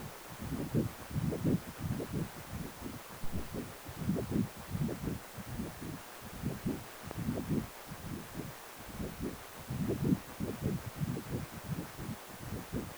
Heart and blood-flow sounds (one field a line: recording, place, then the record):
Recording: Doppler ultrasound of blood flow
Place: precordium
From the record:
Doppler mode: continuous wave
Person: healthy adult, 18 to 50 years, no heart murmur, not diving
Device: 2.5 MHz transducer